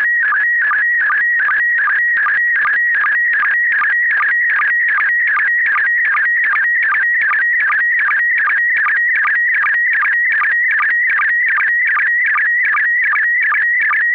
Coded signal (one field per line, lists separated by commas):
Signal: SSTV (slow-scan television)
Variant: PD 50